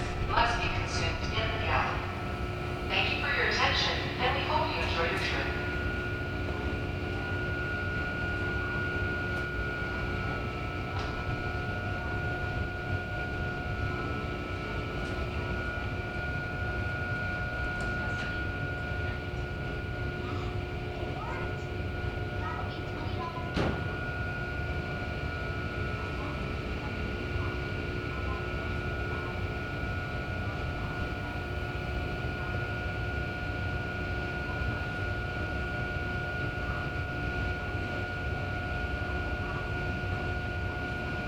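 A steady, dense engine drone from the ferry crossing Elliott Bay runs throughout, heavy in the low end with a few fixed humming tones above it. Bursts of voices come in the first five seconds, and a single sharp click sounds near the 24-second mark.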